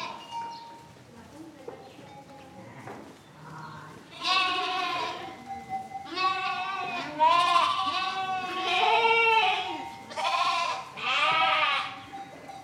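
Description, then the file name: Sheep bleating: quiet at first, then a run of loud, quavering lamb bleats roughly every second or two, with a faint steady hum underneath. Several lambs bleating, 7 April 2007. "20070407 Lambs Bleating"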